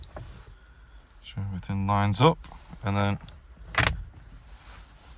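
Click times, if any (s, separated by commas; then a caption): 3.8 s, 3.9 s. A driver airbag module is lined up and pressed back into a new BMW steering wheel on a G26, G22 or G23 as someone talks. Two short, sharp clicks at 3.8 and 3.9 seconds mark its retaining clips snapping home, and the module is seated in place.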